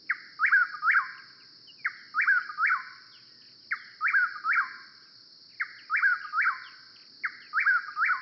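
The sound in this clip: Chuck-will's-widow song: a short note followed by two strong slurred whistled notes, repeated roughly every two seconds, with a constant high-pitched hum behind.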